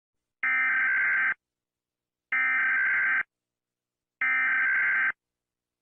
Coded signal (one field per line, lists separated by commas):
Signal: Emergency Alert System (SAME) tones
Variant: header bursts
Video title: EAS: itch Disease/SCP-5846